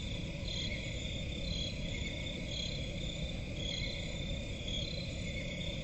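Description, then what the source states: Crickets chirping in a continuous high, slightly pulsing chorus, accompanied by steady low-frequency rumble. Crickets in a forest at night; presented as relaxing ambience.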